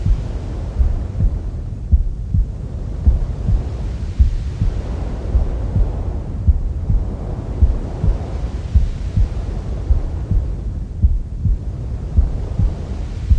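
A mother's heartbeat heard from inside the womb: deep, muffled thumps pulse steadily, a little faster than once per second, beneath a constant low rushing whoosh. A softer swell rises and fades in the hiss about every four to five seconds, like slow breathing.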